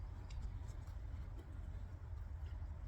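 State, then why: Not seated. A spark plug wire boot is handled over a terminal on the new distributor cap of a 1996 Jeep Cherokee during a tune-up, to be pushed down until it clicks. A steady low rumble runs throughout, with a brief faint tick near 0.3 seconds. Nothing has seated or clicked yet.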